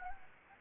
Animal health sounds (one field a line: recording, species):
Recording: mosquito wingbeat signal from an infrared sensor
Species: Anopheles gambiae